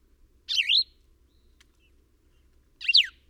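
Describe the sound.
Bird calls: a squeaky, warbled chirp followed after two seconds by a quick, sharply falling note, with a tiny click between them.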